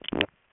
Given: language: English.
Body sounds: throat vibration sensor signal played as sound; swallow

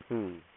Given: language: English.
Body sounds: throat vibration sensor signal played as sound; speech

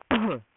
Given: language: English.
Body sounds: throat vibration sensor signal played as sound; cough

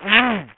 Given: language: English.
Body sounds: throat vibration sensor signal played as sound; throat clearing

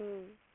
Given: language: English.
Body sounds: throat vibration sensor signal played as sound; speech

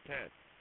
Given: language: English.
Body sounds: throat vibration sensor signal played as sound; speech

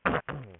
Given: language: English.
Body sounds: throat vibration sensor signal played as sound; throat clearing

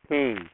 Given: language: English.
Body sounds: throat vibration sensor signal played as sound; speech

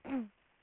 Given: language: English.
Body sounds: throat vibration sensor signal played as sound; throat clearing

